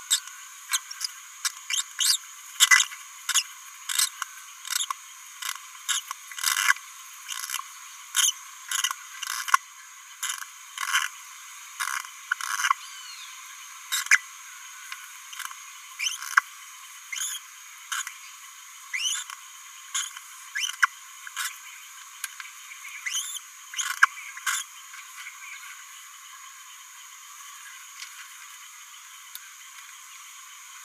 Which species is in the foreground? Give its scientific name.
Forpus passerinus